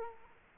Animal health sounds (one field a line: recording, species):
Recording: mosquito wingbeat signal from an infrared sensor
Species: Culex quinquefasciatus